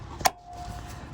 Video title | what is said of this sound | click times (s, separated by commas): HOW TO INSTALL LOWERING LINKS ON MERCEDES | And then push it in. You hear it click like that. Now we're good. | 0.3 s